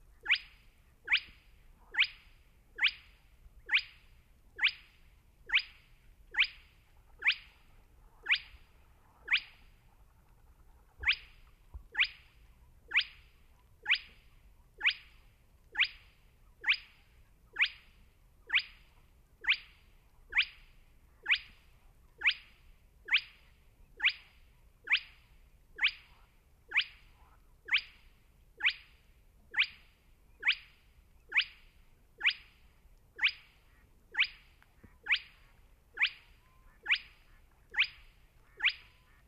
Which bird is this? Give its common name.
Spotted Crake